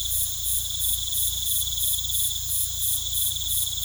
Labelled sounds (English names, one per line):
none